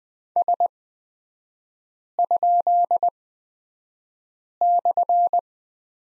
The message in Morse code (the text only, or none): S?/